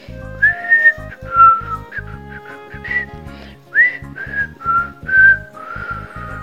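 A person whistles a cheerful, lilting tune while rubbing polish onto a huge leather canoe, a string of clear high notes with little pitch slides, rising and falling in short phrases over a faint rhythmic low thumping.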